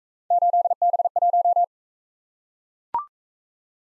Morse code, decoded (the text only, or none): 8B1